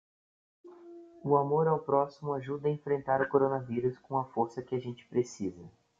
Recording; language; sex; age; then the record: spoken sentence; Brazilian Portuguese; male; 30 to 39 years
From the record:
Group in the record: control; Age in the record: 30 years